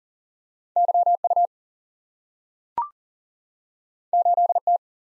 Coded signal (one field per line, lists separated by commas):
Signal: Morse code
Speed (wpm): 40 wpm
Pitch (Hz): 700 Hz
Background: none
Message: YU 8T